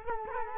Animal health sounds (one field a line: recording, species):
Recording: mosquito wingbeat signal from an infrared sensor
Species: Culex quinquefasciatus